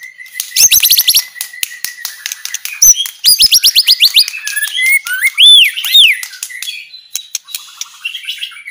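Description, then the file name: White-rumped shama delivering a steady whistled note, rapid buzzy trills, and clear rising and falling whistles mixed with sharp clicks. Aceh type white-rumped shama, described as clear-voiced, singing continuously with a fast, tightly packed song style (speed rapat). "Suara Jernih murai aceh gacor speed rapat"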